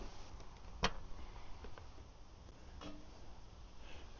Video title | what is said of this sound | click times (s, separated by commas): 2003-2009 3rd Gen Cummins 5.9/6.7 AC Repair. How To Fix Your Broken AC FAST! | So again, it's just going to snap right in. Nice and easy. | 0.8 s